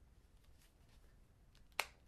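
A hard plastic outer shell clip of a Cruzerlite Spi-Force two-part case for the Samsung Galaxy Note 2 is pressed onto the soft TPU inner shell while working around the sides. After quiet low background noise, a single sharp snap is heard at 1.8 s as the clip seats in place.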